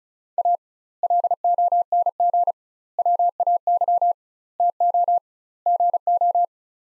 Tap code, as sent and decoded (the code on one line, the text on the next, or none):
none